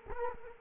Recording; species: mosquito wingbeat signal from an infrared sensor; Culex quinquefasciatus